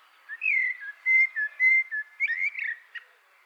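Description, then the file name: Common blackbird song: a sweet, flowing whistled phrase of several mellow notes, finishing with a twittering squeaky tail. "Turdus merula"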